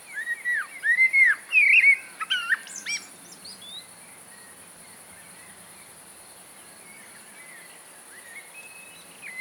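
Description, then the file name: Common blackbird delivering a loud phrase of fluty, downslurred whistles and a squeaky flourish in the first three seconds, then near quiet with faint notes and hiss. "Mirlo comun"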